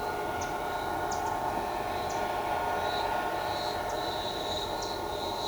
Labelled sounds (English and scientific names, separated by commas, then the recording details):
none
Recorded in shrubland near Pivijay, Magdalena, Colombia, on 16 April 2023 at 14:00
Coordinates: 10.453, -74.365
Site P5-G022